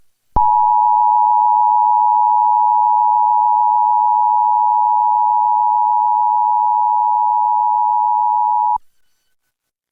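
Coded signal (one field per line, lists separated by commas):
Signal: Emergency Alert System (SAME) tones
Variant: 853 and 960 Hz attention tone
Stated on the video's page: National Periodic Test relayed by Dish Network, an FM translator, an AM station and a cable system, recorded from a TV tuner, MP3 player, stereo and DVD recorder.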